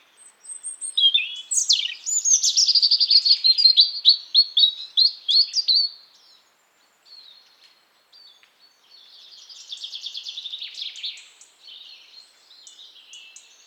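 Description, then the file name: European robin song: a sharp sweep leads into a long warbling, trilled phrase, then a pause before a quieter fluttering trill and soft high notes. "Erithacus rubecula"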